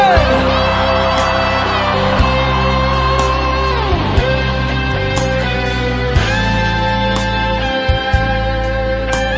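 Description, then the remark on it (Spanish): An audience shouts and cheers loudly and continuously, voices overlapping in a dense roar over steady, sustained musical tones that run through the whole stretch. “¡Grita fuerte!”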